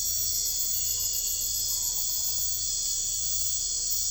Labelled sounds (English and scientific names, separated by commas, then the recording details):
none
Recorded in secondary vegetation near Puerto Asís, Putumayo, Colombia, on 21 December 2024 at 01:30
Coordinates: 0.498, -76.327
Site GP07